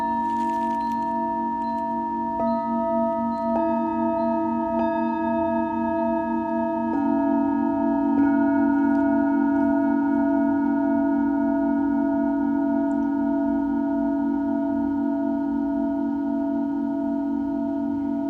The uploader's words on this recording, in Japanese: メキシコから シンギングボウルのサウンドヒーリング ライブ。